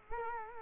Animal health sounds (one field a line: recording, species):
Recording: mosquito wingbeat signal from an infrared sensor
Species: Culex quinquefasciatus